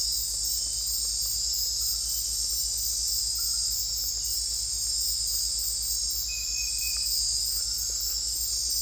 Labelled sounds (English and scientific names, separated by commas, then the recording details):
none
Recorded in secondary vegetation near Puerto Asís, Putumayo, Colombia, on 20 December 2024 at 22:00
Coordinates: 0.481, -76.318
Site G042